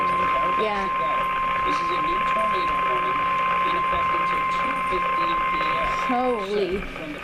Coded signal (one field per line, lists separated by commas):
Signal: Emergency Alert System (SAME) tones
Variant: 1050 Hz attention tone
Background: speech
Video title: 2016 EAS alerts compilation! 36 alerts!